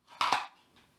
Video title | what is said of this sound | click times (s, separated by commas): 3 Gun Series: The Equipment You'll Need | right that click means that it's being retained in the holster so i can walk i can run | 0.2 s